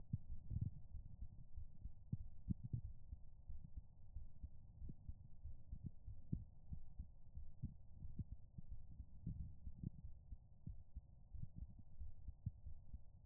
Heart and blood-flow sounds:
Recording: heart sounds by stethoscope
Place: pulmonary valve (PV)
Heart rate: 96 bpm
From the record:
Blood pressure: 118/78 mmHg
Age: 29 years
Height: 161 cm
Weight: 86 kg

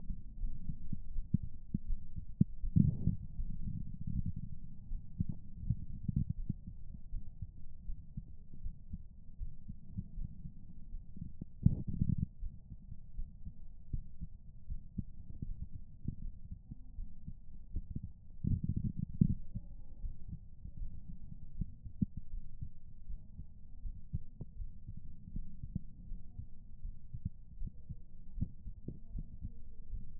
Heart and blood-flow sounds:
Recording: heart sounds by stethoscope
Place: pulmonary valve (PV)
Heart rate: 80 bpm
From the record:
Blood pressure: 137/74 mmHg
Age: 59 years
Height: 158 cm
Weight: 74 kg

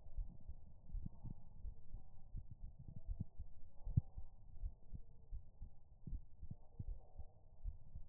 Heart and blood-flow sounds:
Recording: heart sounds by stethoscope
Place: pulmonary valve (PV)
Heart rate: 81 bpm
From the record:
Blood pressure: 102/55 mmHg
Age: 34 years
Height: 164 cm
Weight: 56 kg

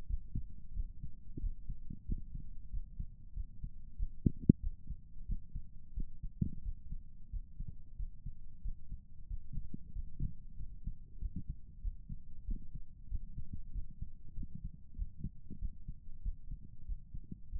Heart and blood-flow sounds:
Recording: heart sounds by stethoscope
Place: pulmonary valve (PV)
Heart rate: 91 bpm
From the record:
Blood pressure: 138/79 mmHg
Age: 33 years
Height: 165 cm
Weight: 68 kg

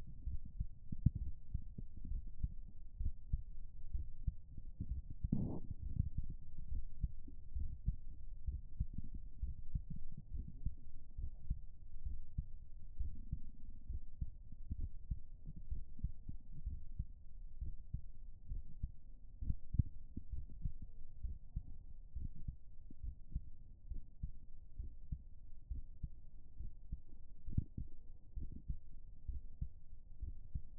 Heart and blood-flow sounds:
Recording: heart sounds by stethoscope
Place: pulmonary valve (PV)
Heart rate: 64 bpm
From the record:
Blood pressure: 117/70 mmHg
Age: 34 years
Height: 171 cm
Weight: 84 kg

